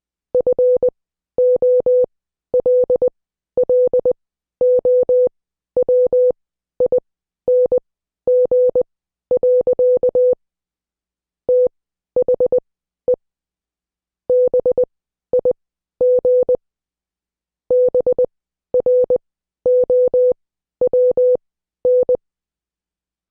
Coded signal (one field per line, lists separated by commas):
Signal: Morse code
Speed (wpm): 20 wpm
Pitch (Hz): 500 Hz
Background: none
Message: FOLLOWING. THE BIG BROWN